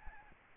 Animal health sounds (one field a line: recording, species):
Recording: mosquito wingbeat signal from an infrared sensor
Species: Aedes albopictus